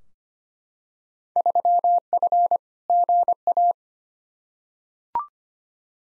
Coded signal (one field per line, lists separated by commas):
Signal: Morse code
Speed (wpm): 25 wpm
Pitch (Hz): 700 Hz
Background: none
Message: 3F GA